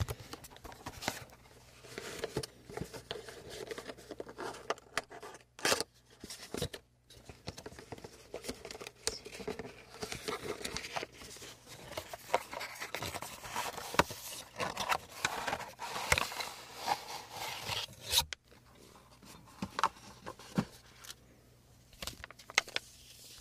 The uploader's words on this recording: ASMR First Person Skin care Room (Korean) (ASMR …). This Asmr has a lot of creamy products, and a lot of massages.